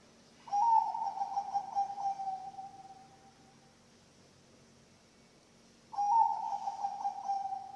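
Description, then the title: Zebra dove song, two loud phrases of rapid, burry cooing pulses, the first trailing off, separated by a few seconds of quiet. Bangkok-type zebra dove (perkutut bangkok) song, used as a master recording for training birds (masteran) and for luring (pancingan). "mster Mnuk. SUARA OCEHAN BURUNG PERKUTUT BANGKOK Untuk MASTERAN dan PANCINGAN"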